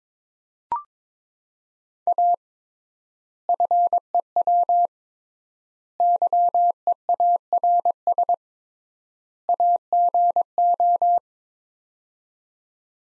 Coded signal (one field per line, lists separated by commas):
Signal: Morse code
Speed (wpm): 21 wpm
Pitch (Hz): 700 Hz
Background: none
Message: A FEW YEARS AGO